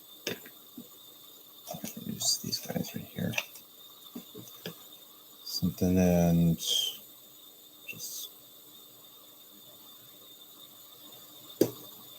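Someone talks while handling a small plastic part for a Titanic boat deck model kit, bringing it toward its mounting spot on the deck. Sharp ticks sound near 0.3, 4.7 and 11.6 seconds, with a loud, steady buzzing tone from about 5.8 to 6.5 seconds. Nothing has seated or clicked into place yet.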